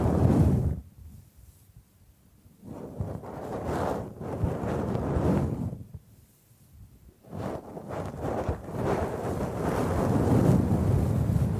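Bamboo being brushed and scratched in long, rough sweeps that swell and fade, with near-silent pauses around two and seven seconds. A few sharp taps and clicks break through around four seconds and again near eight. The brushing is dense and mostly low and hissy.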